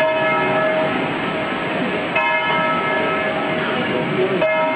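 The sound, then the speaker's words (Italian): A church bell tolls slowly five times, marking 25 years since the Chernobyl disaster in Ukraine; each heavy stroke swells into a long, shimmering hum that carries over into the next, with no voices present. “Cinque rintocchi di campana a scandire gli anni cupi e drammatici trascorsi dalla tragedia di Chernobyl, Ucraina, la più grande catastrofe della storia del nucleare civile.”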